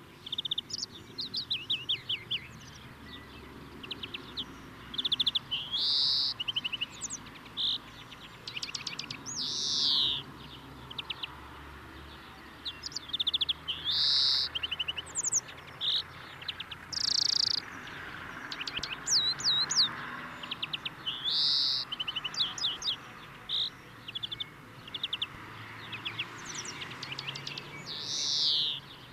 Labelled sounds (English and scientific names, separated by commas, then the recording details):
European Greenfinch (Chloris chloris) song
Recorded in the wild
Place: Kaiserslautern, Rheinland-Pfalz, DE
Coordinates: 49.4284, 7.7788
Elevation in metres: 279
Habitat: garden
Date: 1977-06-17
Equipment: Nagra IV, Sennheiser MKH 405, Parabolreflektor
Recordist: Tretzel, Erwin